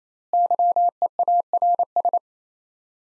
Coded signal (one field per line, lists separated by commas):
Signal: Morse code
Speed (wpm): 27 wpm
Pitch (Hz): 700 Hz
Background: none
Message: YEARS